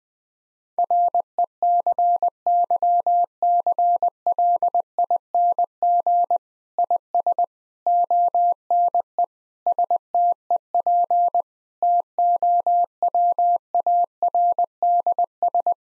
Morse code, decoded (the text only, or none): RECYCLING IS ONE STEP TOWARDS